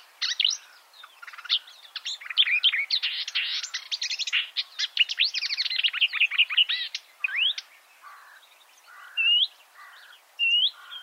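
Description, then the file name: Marsh warbler song, a dense tumbling medley of quick chirps and rattles, ending with a few separate slurred whistled notes. "suara-kicauan-burung-marsh-warbler -omkicau"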